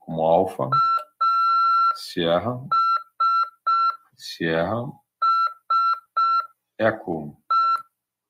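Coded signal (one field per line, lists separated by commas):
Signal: Morse code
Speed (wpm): 5 wpm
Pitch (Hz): 1350 Hz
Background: speech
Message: ASSE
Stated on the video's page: Amateur radio class lesson covering CW.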